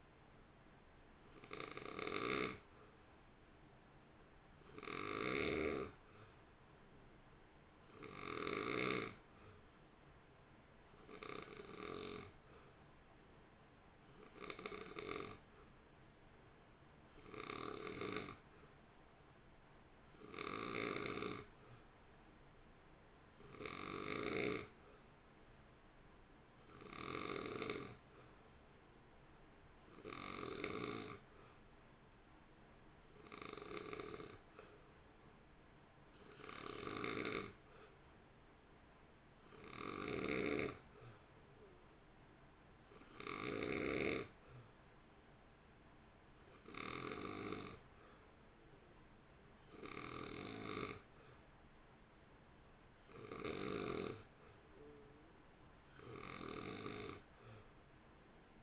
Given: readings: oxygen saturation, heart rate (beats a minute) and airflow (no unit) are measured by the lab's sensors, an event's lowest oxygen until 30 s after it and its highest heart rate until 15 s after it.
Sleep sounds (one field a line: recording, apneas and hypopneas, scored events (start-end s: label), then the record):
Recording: breathing in sleep by a voice recorder at the bedside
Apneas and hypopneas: none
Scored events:
none scored
From the record:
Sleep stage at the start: N2 (light sleep)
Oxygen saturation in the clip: 88 to 89%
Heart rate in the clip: 54 to 58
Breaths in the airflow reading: 22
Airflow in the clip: -1.1 to 1.1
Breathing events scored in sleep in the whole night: 328 in 6.3 hours asleep